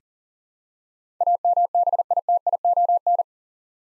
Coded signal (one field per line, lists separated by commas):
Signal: Morse code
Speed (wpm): 40 wpm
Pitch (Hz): 700 Hz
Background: none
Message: AMBITION